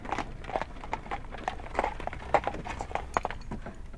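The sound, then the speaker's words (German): Horse hooves clatter in a quick, uneven clip-clop as a horse-drawn carriage crosses a castle courtyard, quickly pulls up and stops suddenly before the gate, with steady sharp knocks over a low rumble of wheels and no voices. “Und nach einer Weile hört Graf B. dasselbe Geräusch, das rasche Anfahren und Stillhalten noch einmal.”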